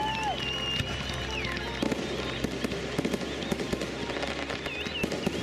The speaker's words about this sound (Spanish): Por ejemplo, ¿quién no adora los fuegos artificiales?